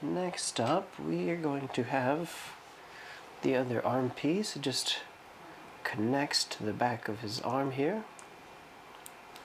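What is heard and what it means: Someone talks while handling a plastic arm armor piece for a plastic model kit, lining it up to press onto the back of the kit's arm frame. Faint plastic handling sounds come near the end of the clip. Nothing has seated or snapped into place yet.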